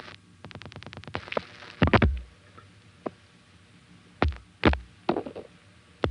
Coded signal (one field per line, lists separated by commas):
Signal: pulse dialling